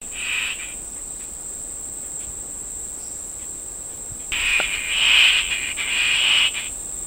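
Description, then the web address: Fluffy-backed tit-babbler making a brief raspy churr, then a longer run of grating bursts after a pause, while a continuous shrill insect hum carries on throughout. Recorded at Danum, Borneo, on 6 August 2009. "DANUM 20090806. fluffy-backed tit-babbler"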